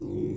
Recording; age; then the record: pig call; weaner (32 to 43 days)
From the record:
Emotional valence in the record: negative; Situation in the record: novel object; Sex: female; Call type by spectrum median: low-frequency call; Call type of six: low-frequency stable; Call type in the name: low-frequency stable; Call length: 0.37 s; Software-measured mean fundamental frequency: 50 Hz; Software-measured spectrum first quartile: 176 Hz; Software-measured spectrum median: 294 Hz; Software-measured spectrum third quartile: 364 Hz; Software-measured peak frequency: 347 Hz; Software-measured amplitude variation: 128 dB a second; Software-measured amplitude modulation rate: 36.3 a second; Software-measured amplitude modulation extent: 3.5 dB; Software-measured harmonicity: 3.0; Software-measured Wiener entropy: -0.37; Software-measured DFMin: 1435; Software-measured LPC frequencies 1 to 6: 339, 2223, 3446, 4569, 5133, 5918 Hz